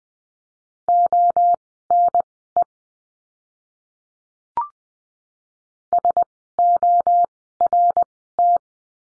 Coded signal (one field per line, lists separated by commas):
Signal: Morse code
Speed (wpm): 20 wpm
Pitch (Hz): 700 Hz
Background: none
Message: ONE SORT